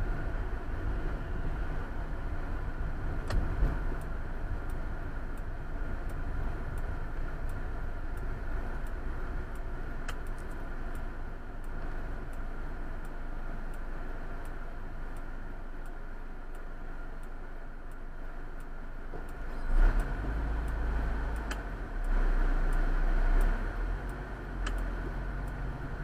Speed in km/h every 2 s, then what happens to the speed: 34, 31, 28, 22, 15, 9, 5, 2, 2, 3, 0, 7, 10.
0-13 slows to 2. 13-20 steady at about 2. 20-26 pulls away to 10.